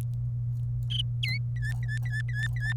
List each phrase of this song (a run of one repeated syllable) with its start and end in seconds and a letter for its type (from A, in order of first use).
1.23-1.38 A, 1.56-2.73 B